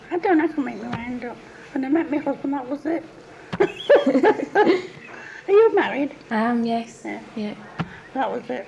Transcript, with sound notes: I don't have to make my mind up. When I met my husband that was it. [laughs] Are you married?
I am. Yes.
Yeah.
Yeah.
That was it.